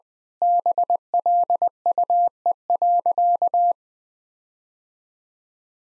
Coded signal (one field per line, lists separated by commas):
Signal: Morse code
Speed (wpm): 20 wpm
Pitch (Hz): 700 Hz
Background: none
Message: BLUE.